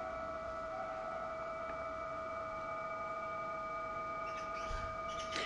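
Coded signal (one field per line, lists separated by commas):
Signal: PSK31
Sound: several thin steady warbling tones at different pitches over hiss, brief rustling noises near end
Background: radio static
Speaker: let's go ahead and click another station here I'm not transmitting now because I'm using a dipole for 18 meters so I'm just receiving the signals on 20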